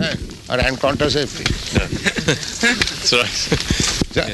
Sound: laughter

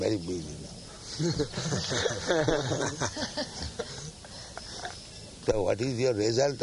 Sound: laughter

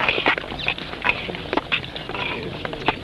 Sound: laughs

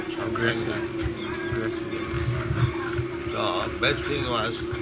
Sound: background whispering

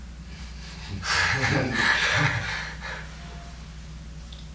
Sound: laughs

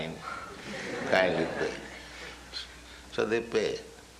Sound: laughter

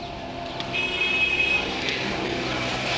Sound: loud noise of car horn

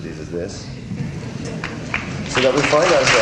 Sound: applause

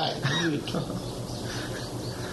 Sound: laughter

